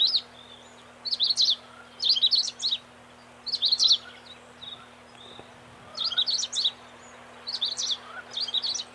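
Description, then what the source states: Long-tailed rosefinch song: short, high, bright twittering bursts separated by brief pauses, over a faint steady hum. Recorded 21 May 1994.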